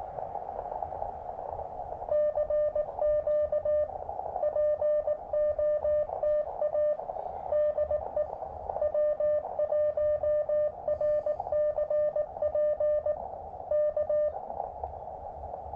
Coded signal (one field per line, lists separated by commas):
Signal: Morse code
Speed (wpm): 18 wpm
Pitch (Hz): 600 Hz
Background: music, radio noise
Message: CQ POTA DE W1RCP K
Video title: Will It POTA? - Field Testing the DIY Elecraft AX2 Style Short Base-Loaded Vertical Antenna on a KX2